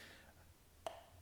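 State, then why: Seated. A Morakniv fixed-blade knife is pushed into its molded plastic sheath and locks with a single sharp click at 0.9 s, a bright snap with a short ringing tail over a quiet low hum. The click shows that the sheath's retention system has locked the knife in.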